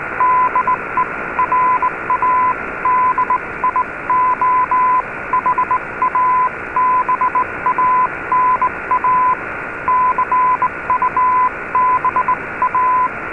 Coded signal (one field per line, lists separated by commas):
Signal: Morse code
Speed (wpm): 19 wpm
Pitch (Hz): 1010 Hz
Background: radio noise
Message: DE RADIOHABANA CUBA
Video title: Radio Havana Cuba DXers Unlimited Mar 20 2018 on 15140Khz Shortwave Radio R8600